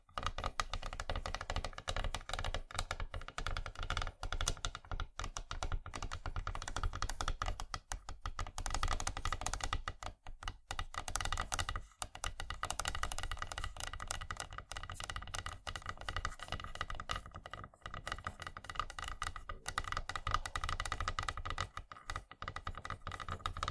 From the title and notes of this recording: ASMR Wooden Triggers 1hour（No Talking）.